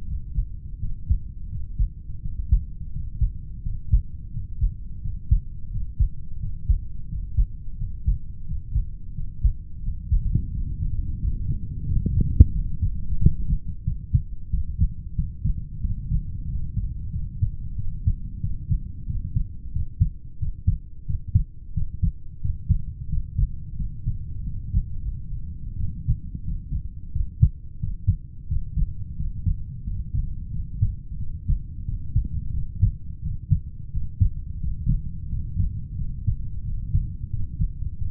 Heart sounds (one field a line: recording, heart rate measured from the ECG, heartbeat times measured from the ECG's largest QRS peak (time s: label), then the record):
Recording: heart sounds by stethoscope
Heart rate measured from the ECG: 89 bpm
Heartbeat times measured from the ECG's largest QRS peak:
0.05 s: heartbeat
0.78 s: heartbeat
1.48 s: heartbeat
2.20 s: heartbeat
2.90 s: heartbeat
3.61 s: heartbeat
4.31 s: heartbeat
5.00 s: heartbeat
5.69 s: heartbeat
6.38 s: heartbeat
7.06 s: heartbeat
7.76 s: heartbeat
8.44 s: heartbeat
9.12 s: heartbeat
9.81 s: heartbeat
10.49 s: heartbeat
11.17 s: heartbeat
11.84 s: heartbeat
12.51 s: heartbeat
13.17 s: heartbeat
13.83 s: heartbeat
14.49 s: heartbeat
15.14 s: heartbeat
15.80 s: heartbeat
16.50 s: heartbeat
17.10 s: heartbeat
17.75 s: heartbeat
18.39 s: heartbeat
19.05 s: heartbeat
19.71 s: heartbeat
20.38 s: heartbeat
21.05 s: heartbeat
21.73 s: heartbeat
22.40 s: heartbeat
23.08 s: heartbeat
23.75 s: heartbeat
24.42 s: heartbeat
24.98 s: heartbeat
25.76 s: heartbeat
26.43 s: heartbeat
27.11 s: heartbeat
27.78 s: heartbeat
28.47 s: heartbeat
29.15 s: heartbeat
29.83 s: heartbeat
30.49 s: heartbeat
31.17 s: heartbeat
31.84 s: heartbeat
32.52 s: heartbeat
33.21 s: heartbeat
33.91 s: heartbeat
34.59 s: heartbeat
35.28 s: heartbeat
35.95 s: heartbeat
36.62 s: heartbeat
37.29 s: heartbeat
37.96 s: heartbeat
From the record:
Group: heart failure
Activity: breath hold 0-16 s, rest 16-38 s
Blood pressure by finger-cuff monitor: 77/48 mmHg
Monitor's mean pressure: 55 mmHg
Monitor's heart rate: 87 bpm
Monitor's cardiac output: 7 L/min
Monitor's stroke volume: 80 mL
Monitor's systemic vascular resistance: 520 dyn s/cm5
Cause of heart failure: idiopathic cardiomyopathy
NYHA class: 2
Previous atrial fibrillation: present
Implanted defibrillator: present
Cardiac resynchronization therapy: present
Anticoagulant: warfarin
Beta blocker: metoprolol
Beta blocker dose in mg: 50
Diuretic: furosemide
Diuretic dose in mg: 40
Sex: male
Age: 62 years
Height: 184 cm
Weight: 101 kg